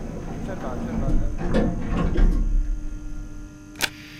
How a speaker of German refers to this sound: Professionell betrat ich den Aufzug, indem ich zuerst die Tür öffnete.